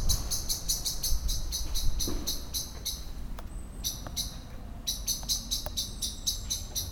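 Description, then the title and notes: Common blackbird scolding: rapid series of sharp, metallic chinks, each a bright burst, with a brief pause midway, over a low rumble of street noise. Excited scolding while flying from tree to tree; Lütticher Straße, Cologne; morning; cyclists and pedestrians on the pavement in the background; nearfield recording. "cologne, lütticherstrasse, amsel. amsel aufgeregt schimpfend fliegt von baum zu baum, im hintergrund fahrradfahrer und fussgänger auf dem bürgersteig, morgens. soundmap nrw"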